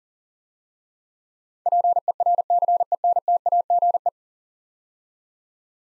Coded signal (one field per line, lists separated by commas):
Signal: Morse code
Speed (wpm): 41 wpm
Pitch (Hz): 700 Hz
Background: none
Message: PERCENTAGE